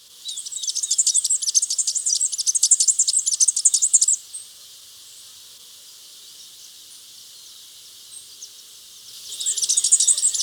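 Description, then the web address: Cinereous conebill with a quick high-pitched twittering run lasting about four seconds, a long quiet gap, then another thin chattering burst begins. Recorded in Ecuador. "Natures Songs S America Birds of Ecuador. Cinereous Conebill"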